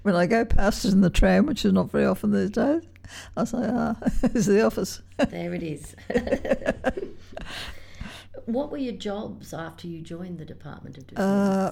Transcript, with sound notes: when I go past it on the tram, which is not very often these days, I say, ‘Ah, there’s the office.’
There it is. [laughter] What were your jobs after you joined the Department of Defence?